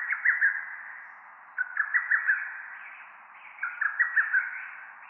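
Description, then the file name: Lesser cuckoo repeating a rapid run of sharp whistled notes, three phrases about two seconds apart, each ending in a slightly drawn-out note. Ueta, Tokyo, 10 June 2006. "hototogisu ueta tokyo"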